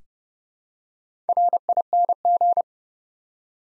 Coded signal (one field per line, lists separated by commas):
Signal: Morse code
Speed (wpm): 30 wpm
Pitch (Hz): 700 Hz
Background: none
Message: RING